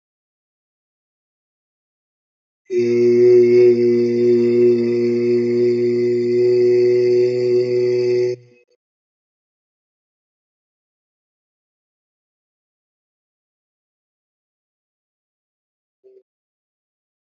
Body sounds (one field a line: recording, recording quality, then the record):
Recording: sustained vowel as in made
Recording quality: excellent, no background noise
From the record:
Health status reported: healthy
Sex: male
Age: 26 years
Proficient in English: yes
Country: India